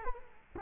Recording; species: mosquito wingbeat signal from an infrared sensor; Culex quinquefasciatus